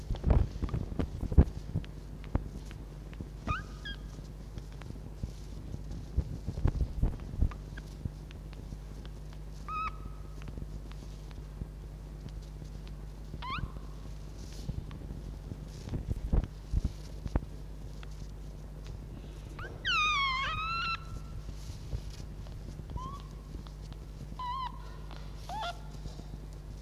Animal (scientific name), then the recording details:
Vulpes vulpes. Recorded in captivity. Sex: diverse. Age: juvenile. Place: Zoologisches Institut der HUB, Berlin, DE. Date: 1956-04-03 13:00. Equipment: Elmetra. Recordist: Tembrock, Günter. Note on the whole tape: Zenzi-Welpen: laut Ansage (aber statt Männchen 2 muß es am Anfang Männchen 1 heißen!) Quärren, Wispern, Einschlaflaut (direkt am Mikrofon - höchstens bis 5 cm entfernt). Netzbrummen